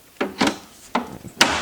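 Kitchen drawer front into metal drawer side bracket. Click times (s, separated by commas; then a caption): 1.4 s. The fitting on a Howdens kitchen drawer front is pushed into the metal bracket on the drawer side, giving short knocks and scraping contacts around 0.2, 0.4, and 1.0 seconds. A sharp, loud click at 1.4 seconds marks the fitting seating home, and the drawer front is now on.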